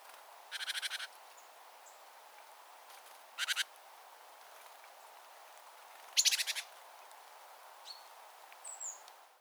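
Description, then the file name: Great tit churring calls: three short, buzzy rattles spaced a few seconds apart, with a couple of faint thin notes over steady background hiss. "Parus major"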